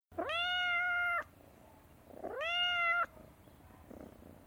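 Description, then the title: Cat meowing twice, each a long steady meow of about a second, with a fainter sound near the end. "Universidad del Claustro de Sor Juana - Colegio de Comunicación - Sonoteca de México. GATO MAULLANDO"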